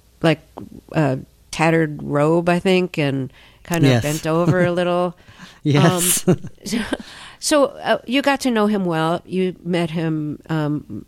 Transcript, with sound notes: like, a tattered robe, I think, and kind of...
Yes.
...Bent over a little.
Yes.
(LAUGHTER)
So you got to know him well. You met him